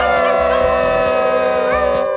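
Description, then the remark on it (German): A loud, sustained horn blast from the Paw Patrol Patroller, honked by a small robot dog programmed to drive it, with a steady, brassy multi-tone sound that holds for about two seconds without a break. No one speaks. “Robohund hupen.”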